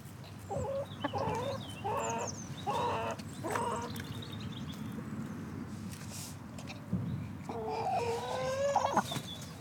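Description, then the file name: Chickens clucking and calling in short bursts, over a low background rumble of wind and traffic. Chickens close up on a farm, waiting to be fed, with distant traffic and wind. "Chickens Close Up Waiting To Be Fed Farm Distant Traffic Wind Bird Song"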